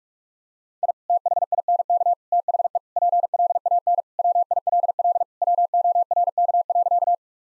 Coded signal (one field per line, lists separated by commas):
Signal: Morse code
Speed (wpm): 46 wpm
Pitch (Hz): 700 Hz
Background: none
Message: I THINK THE PLAN WILL WORK.